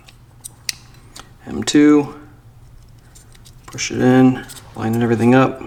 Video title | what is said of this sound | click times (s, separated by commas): Custom Color Matched Buttons! - BMW F80 M3 | push it until it clicks in | 0.7 s